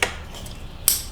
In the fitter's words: clicks right in push down on the white locking Tab